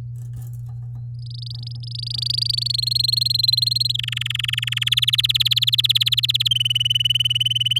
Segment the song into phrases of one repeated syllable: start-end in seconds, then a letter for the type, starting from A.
1.14-2.72 A, 2.74-3.92 B, 3.94-4.84 C, 4.86-6.48 D, 6.51-7.79 E